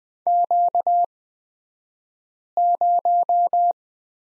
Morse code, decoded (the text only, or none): Q0